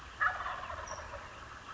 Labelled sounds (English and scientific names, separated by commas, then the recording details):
Wild Turkey (Meleagris gallopavo)
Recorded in Sonoma County, California